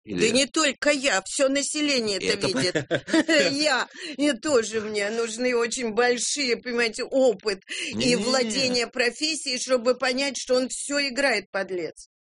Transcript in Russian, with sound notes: Да не только я! Все население это видит.
это понятно. (смеется)
Я! И, тоже мне, нужны очень большие опыт, и владение профессией, чтобы понять, что он все играет, подлец.